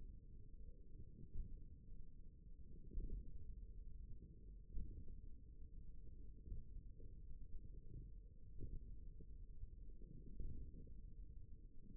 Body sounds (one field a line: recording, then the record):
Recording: forearm muscle sounds (acoustic myography)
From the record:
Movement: radial deviation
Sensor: system 1, eight BSWA MPA416 microphones around the upper forearm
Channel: 1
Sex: male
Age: 54 years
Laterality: right